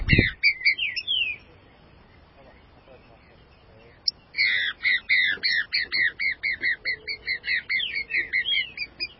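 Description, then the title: Green-winged saltator song: a fast run of loud, clear whistled notes sliding between high and mid pitch, a short low thump at the start, a pause, then a dense burst of repeated phrases. "Trinca Ferro"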